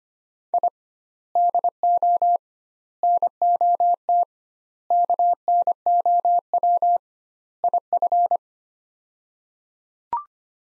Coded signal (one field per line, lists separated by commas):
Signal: Morse code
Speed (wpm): 25 wpm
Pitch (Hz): 700 Hz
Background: none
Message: I DO NOT KNOW IF